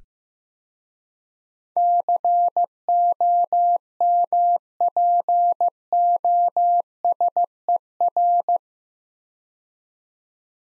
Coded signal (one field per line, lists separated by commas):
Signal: Morse code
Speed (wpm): 15 wpm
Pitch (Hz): 700 Hz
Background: none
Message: COMPOSER